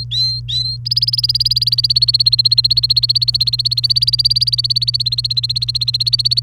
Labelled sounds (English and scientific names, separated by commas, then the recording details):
Domestic Canary (Serinus canaria) song
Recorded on 28 April 2018 at 09:02
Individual llb3